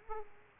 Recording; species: mosquito wingbeat signal from an infrared sensor; Aedes aegypti